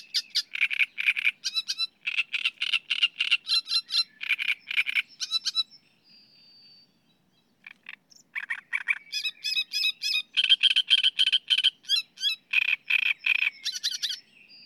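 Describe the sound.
Great reed warbler song: loud, rasping, frog-like croaks delivered in rapid repeated phrases, breaking off for about two seconds midway before the chattering resumes with squeakier, higher notes.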